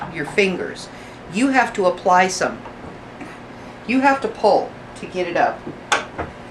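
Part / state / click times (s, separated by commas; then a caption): paper cutter handle into its raised safety lock / seated / 5.9 s. Someone talks while the heavy handle of an industrial paper cutter is pulled up into its raised safety lock. The lock catches with a sharp metallic clack at 5.9 s, followed by a softer knock at 6.2 s. The handle is confirmed locked in place.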